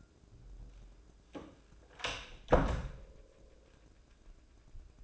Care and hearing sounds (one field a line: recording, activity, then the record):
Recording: daily activity, microphone in the room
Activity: close door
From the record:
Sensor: 2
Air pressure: 1012.2 hPa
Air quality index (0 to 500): 164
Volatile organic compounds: 2 ppm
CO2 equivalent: 1192 ppm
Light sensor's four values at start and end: 327/815/330/343 and 324/806/326/339